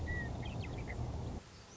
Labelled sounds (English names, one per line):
Western Meadowlark